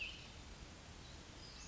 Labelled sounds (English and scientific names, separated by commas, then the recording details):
Western Flycatcher (Empidonax difficilis)
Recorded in Sonoma County, California